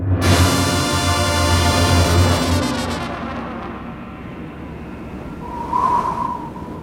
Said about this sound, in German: Es windet. Wie ein Vampir huscht der Wind um den Häuserblock.